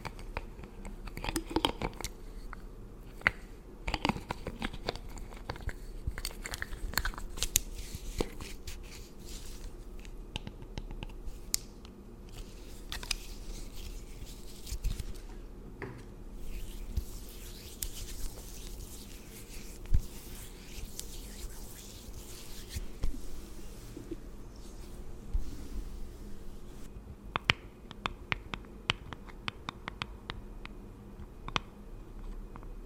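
Skin and hair pampering sounds: soft brushing and rustling fill the middle of the clip, broken by sharp little clicks and taps scattered throughout. The taps cluster more densely near the start and again in the last few seconds, over a steady low hum.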